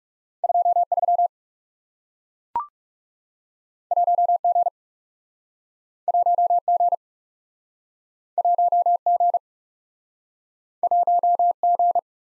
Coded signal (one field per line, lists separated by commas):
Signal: Morse code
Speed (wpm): 40 wpm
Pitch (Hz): 700 Hz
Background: none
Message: 2 3 1 G 1 G 1 G 1 G